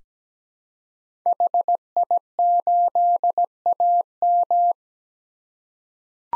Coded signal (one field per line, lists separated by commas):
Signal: Morse code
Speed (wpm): 17 wpm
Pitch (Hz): 700 Hz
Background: none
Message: HI8AM